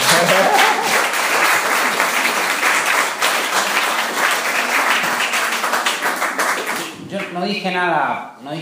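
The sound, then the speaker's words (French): A crowd at the Estivales de la question animale applauds in a loud, steady wash of dense clapping for about seven seconds, applause meant for the audience themselves, then it thins out and a voice begins speaking as the applause fades. “Voilà, l'applaudissement c'est pour vous-même.”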